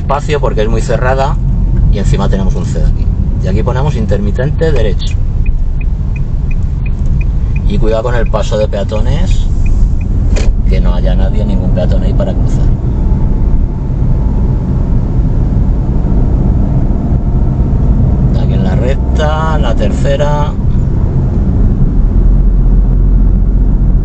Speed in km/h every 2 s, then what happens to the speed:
23, 22, 16, 13, 17, 21, 29, 28, 31, 33, 33, 37.
0-6 slows to 13. 6-11 speeds up to 29. 15-24 speeds up to 37.